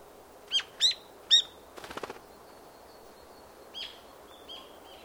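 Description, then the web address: Bird calls: three sharp, high chirps in quick succession, then a short dry rattle. Softer high notes follow near the end over a quiet, steady background hiss. Recorded in a forest in Sannohe. "Sound Effects-Foundation 1 BIRD SANNOHE FOREST CALL 01"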